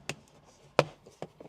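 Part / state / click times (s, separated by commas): plastic trim panel clips into car interior / seated / 0.1 s, 0.8 s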